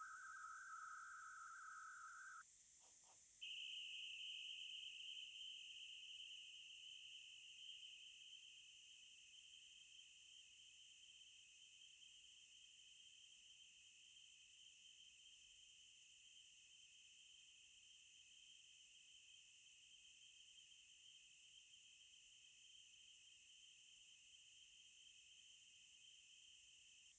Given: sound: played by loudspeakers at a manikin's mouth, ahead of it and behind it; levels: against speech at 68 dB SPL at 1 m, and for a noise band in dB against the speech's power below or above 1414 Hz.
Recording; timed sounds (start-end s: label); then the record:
test signals for a remote microphone
0.00-2.41 s: noise band at 1414 Hz, as loud as that band is in speech
3.41-27.12 s: noise band at 2828 Hz, as loud as that band is in speech
From the record:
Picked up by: remote microphone B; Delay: 24 ms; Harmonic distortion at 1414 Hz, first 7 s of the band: under -43 dB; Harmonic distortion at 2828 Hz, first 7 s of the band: under -17 dB (system noise only)